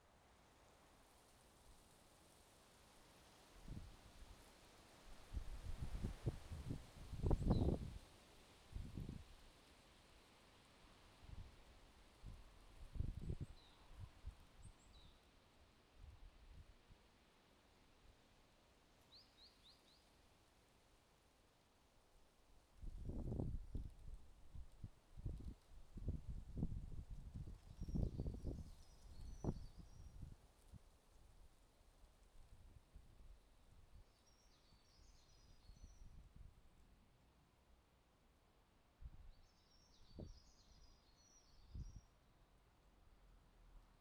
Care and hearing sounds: everyday scene through a hearing-aid microphone; wind on the microphone; wind, traffic, birds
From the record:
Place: suburban garden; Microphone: in the ear canal, left

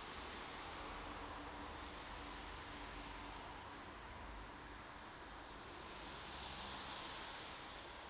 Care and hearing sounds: everyday scene through a hearing-aid microphone; in traffic; traffic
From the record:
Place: bus stop on a city main road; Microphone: in the ear canal, right

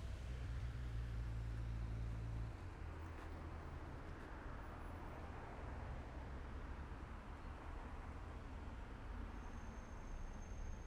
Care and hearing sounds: everyday scene through a hearing-aid microphone; in traffic; traffic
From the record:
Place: main road on the outskirts, rush hour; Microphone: behind the ear, left, front

